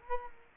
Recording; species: mosquito wingbeat signal from an infrared sensor; Culex quinquefasciatus